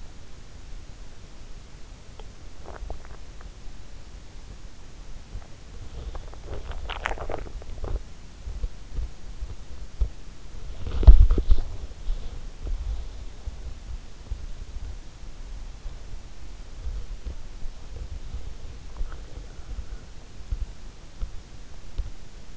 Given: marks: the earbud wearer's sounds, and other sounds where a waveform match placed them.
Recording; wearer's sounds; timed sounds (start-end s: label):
sounds in sleep by an in-ear microphone; swallowing, body movement, breath
1.49-3.62 s: swallowing
5.30-8.54 s: swallowing
7.99-22.57 s: body movement
18.47-20.30 s: breath